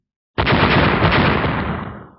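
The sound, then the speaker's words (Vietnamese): A sudden, loud burst of explosions erupts at once as three fireballs strike the heads of three jiangshi (hopping corpses), a rapid crackling series of blasts merging into a dense roar that rumbles on and slowly fades out over about two seconds. “Những tiếng nổ vang lên liên tiếp, đầu của ba con cương thi lập tức biến thành tro, thân thể bị khựng lại, đứng sững tại chỗ một chút rồi đồng loạt ngã xuống.”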